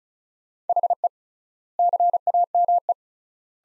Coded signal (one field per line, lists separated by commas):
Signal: Morse code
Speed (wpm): 34 wpm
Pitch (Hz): 700 Hz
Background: none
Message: HE CAME